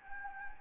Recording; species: mosquito wingbeat signal from an infrared sensor; Anopheles gambiae